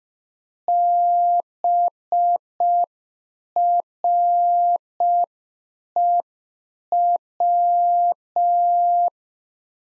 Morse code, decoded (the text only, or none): BREW